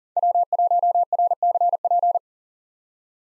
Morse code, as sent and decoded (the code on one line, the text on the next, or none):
.-- .---- .-. -.-. .--.
W1RCP